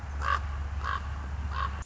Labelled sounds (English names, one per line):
Common Raven